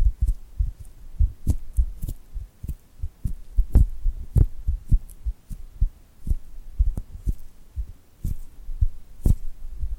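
Glued hands make a quick run of soft, low thuds, about two or three a second, in an uneven rhythm. Some thuds carry a sharp, crisp sticky click or peel on top. Between them it is quiet, with only a faint low murmur.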